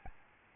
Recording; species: mosquito wingbeat signal from an infrared sensor; Aedes albopictus